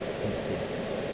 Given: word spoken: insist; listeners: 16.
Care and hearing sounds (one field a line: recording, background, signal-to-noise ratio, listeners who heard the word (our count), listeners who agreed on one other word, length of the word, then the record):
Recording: one English word in noise, from a listening test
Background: speech-shaped noise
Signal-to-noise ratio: -6.4 dB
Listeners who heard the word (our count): 2 of 16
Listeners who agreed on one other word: 11 of 16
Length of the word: 0.73 s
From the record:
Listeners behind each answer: 11, 2, 1, 1, 1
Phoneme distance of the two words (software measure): 17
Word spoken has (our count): 2 syllables, 6 phonemes, stress on syllable 2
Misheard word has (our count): 2 syllables, 7 phonemes, stress on syllable 2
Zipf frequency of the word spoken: 3.99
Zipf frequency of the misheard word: 3.06